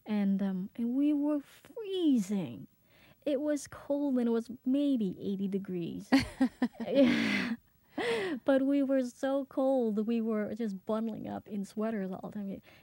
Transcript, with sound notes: and we were freezing. It was cold, and it was 80, 80 degrees.
(laughs)
But we were so cold. We were just bundling up in sweaters all the time.